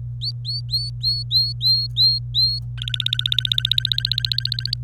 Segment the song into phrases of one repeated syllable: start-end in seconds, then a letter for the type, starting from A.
0.21-2.59 A, 2.77-4.74 B